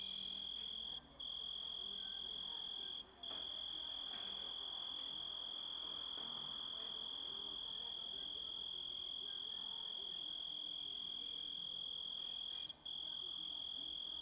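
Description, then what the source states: Continuous shrill grasshopper trill at a fixed pitch, stopping for a moment three times across the stretch, faint rustling in the background. Composite of several sounds.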